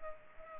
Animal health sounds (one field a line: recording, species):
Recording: mosquito wingbeat signal from an infrared sensor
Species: Culex pipiens